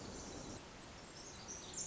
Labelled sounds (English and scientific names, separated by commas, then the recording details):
Pacific Wren (Troglodytes pacificus)
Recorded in Sonoma County, California